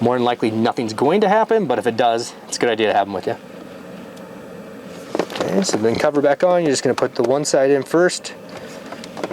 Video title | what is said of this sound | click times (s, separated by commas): LichtsinnRV.com - Winnebago Travato 59KL Pure3 Lithium Powered Orientation | then don't be afraid to push it it snaps in place | 9.2 s